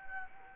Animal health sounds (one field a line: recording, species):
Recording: mosquito wingbeat signal from an infrared sensor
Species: Anopheles gambiae